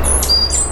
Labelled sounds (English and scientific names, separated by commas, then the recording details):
Stitchbird (Notiomystis cincta) song
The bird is a male
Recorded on Tiritiri Matangi Island, New Zealand, in 2005
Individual 9, of nest box 11